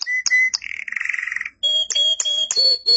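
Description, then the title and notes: Canary song mixing sharp chips, a buzzy rolled trill, and a series of clear whistled notes with dipping low tones. "BM Suara Kenari. BM Suara Burung Kenari"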